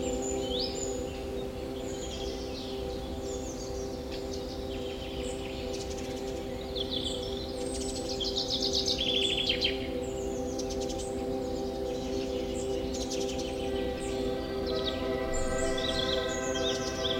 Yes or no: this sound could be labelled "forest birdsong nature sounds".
yes